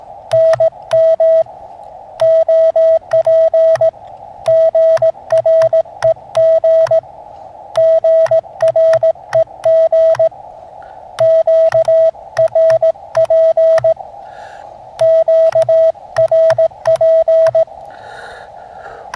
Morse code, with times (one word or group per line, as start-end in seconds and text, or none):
0.3-1.4 NM
2.2-3.9 OP
4.5-7.0 GREG
7.8-10.3 GREG
11.2-13.9 QRP
15.0-17.6 QRP